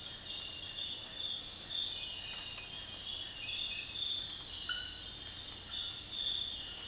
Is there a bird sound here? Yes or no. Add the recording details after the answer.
no. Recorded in dense forest near Puerto Asís, Putumayo, Colombia, on 19 February 2024 at 05:30. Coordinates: 0.485, -76.318. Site G6408